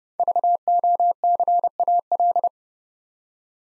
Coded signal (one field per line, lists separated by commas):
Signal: Morse code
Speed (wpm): 29 wpm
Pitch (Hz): 700 Hz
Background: none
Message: VOCAL